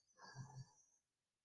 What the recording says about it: My yellow lab snoring in the background.